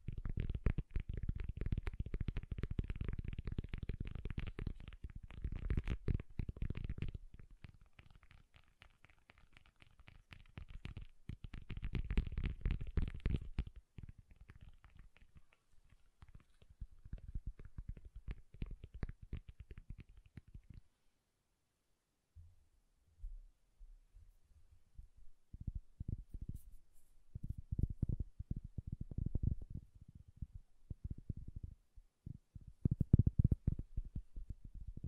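Soft, bassy tapping, dense and rapid for the first twenty seconds, with thick low thuds and a lighter brushing layer above them. A short near-silent gap follows around 21 seconds, then sparser, irregular taps resume, gradually growing louder and brighter toward the end.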